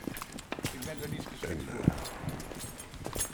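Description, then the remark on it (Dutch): Footsteps of people walking along the Soendastraat in Amsterdam toward Studio 1 after an Actiegroep Niet te Koop action, a steady run of short, soft thuds and scuffs at an unhurried pace, with one sharper tap standing out midway and faint voices underneath. “En we lopen nu, wandelen nu naar Studio 1.”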